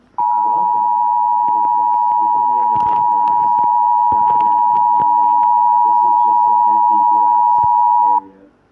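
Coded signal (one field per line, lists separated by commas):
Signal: Emergency Alert System (SAME) tones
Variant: 853 and 960 Hz attention tone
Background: speech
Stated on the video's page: Required Weekly Test.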